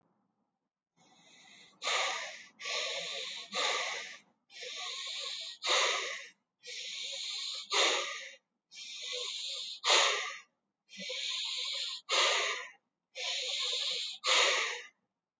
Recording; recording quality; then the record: shallow breathing; excellent, no background noise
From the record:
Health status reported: healthy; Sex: male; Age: 29 years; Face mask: not worn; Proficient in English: yes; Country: India